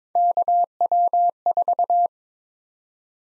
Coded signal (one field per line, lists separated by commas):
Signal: Morse code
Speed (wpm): 22 wpm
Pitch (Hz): 700 Hz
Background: none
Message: KW4